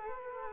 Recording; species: mosquito wingbeat signal from an infrared sensor; Culex quinquefasciatus